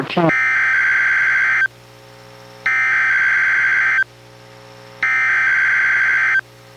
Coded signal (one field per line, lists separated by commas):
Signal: Emergency Alert System (SAME) tones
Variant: header bursts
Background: speech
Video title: EAS #920: NWR Required Weekly Test- Mar. 27, 2024- 11:05AM PDT